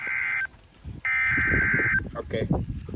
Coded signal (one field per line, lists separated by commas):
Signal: Emergency Alert System (SAME) tones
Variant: header bursts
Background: speech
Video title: severe storms produce 60 mph wind across southern wi - (eas alerts/storm footage from 6/3/2025)